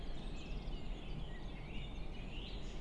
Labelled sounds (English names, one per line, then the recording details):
Common Chiffchaff
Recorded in Germany
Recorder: ecoPi